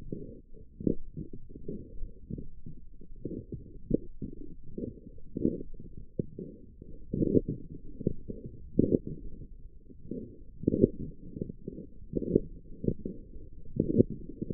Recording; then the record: forearm muscle sounds (acoustic myography)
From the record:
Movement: forearm supination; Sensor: system 1, eight BSWA MPA416 microphones around the upper forearm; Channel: 7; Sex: male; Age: 21 years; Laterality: right